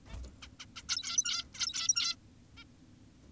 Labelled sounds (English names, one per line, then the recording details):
Zebra Finch
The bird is an adult
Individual g17y2U